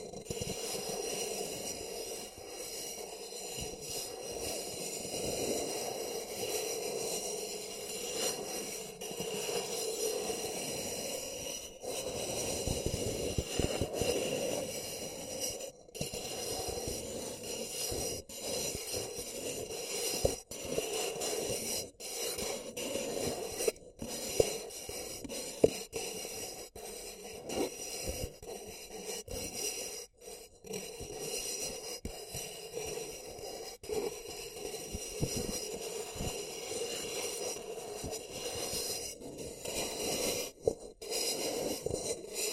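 Paper cup tingles: continuous crinkly scratching and rustling with fine crackles throughout, brief silent gaps every few seconds, and steady, moderate loudness.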